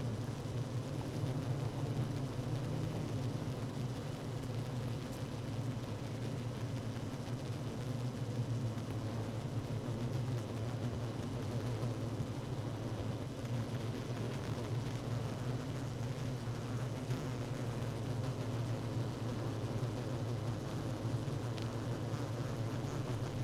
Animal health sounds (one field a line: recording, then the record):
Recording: honeybee colony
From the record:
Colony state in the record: active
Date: 12 June 2018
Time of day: 16:45